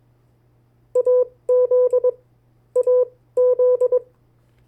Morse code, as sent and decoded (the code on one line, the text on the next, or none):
.- --.. / .- --..
AZ AZ